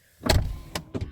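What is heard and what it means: A 2010 Mercedes-Benz S550 4-Matic's front door is closed gently without fully latching, and its soft-close mechanism pulls the latch into the door striker. A low thud at 0.3 s is followed by a short motor-like pull and a sharp click at 0.8 s as the door seats fully shut. A faint knock follows near the end.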